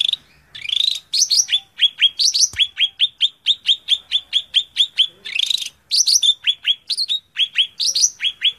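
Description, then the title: Greater green leafbird song: varied rising whistles at the start, then a steady stream of sharp chirps with occasional higher notes mixed in. Tutor song (masteran) for training other birds of the same kind. "Suara Burung Cucak Ijo"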